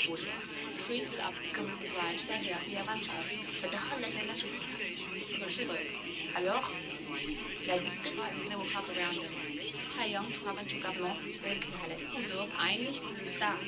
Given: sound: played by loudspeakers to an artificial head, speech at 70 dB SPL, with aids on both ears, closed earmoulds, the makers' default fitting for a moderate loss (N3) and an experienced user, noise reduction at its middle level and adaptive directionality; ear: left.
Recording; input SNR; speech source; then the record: speech test signal (ISTS) in cocktail-party noise; 0 dB; on the right (90 degrees)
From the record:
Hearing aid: class 2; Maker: E